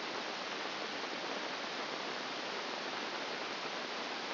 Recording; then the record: brain microelectrode recording played as sound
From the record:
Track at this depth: inside the subthalamic nucleus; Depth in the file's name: 1.705 mm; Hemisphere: left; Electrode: 2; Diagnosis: Parkinson's disease